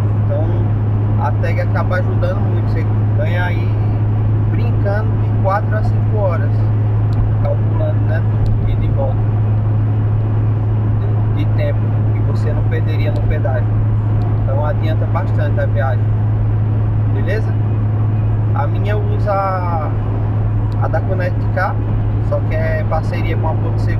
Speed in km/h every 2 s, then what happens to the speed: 121, 122, 123, 123, 123, 123, 123, 123, 123, 123, 122, 122.
0-24 steady at about 123.